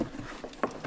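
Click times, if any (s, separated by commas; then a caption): 0.6 s. A piece is fitted by feel, without sight, into its mount on the pump motor assembly of an old two-post rotary hoist, with faint rubbing and scraping as it is worked in. A sharp click at 0.6 s marks the piece locking into place, followed by a softer knock near the end.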